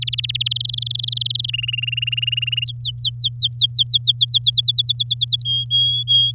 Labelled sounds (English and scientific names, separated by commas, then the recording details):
Domestic Canary (Serinus canaria) song
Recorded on 10 May 2018 at 05:39
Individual llb16